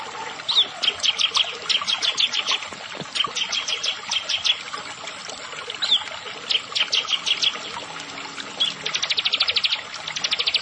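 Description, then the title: Prinia song: rapid series of sharp, buzzy high notes in repeated bursts, some trilled runs, with a constant hiss in the background. "Ciblek Sawah"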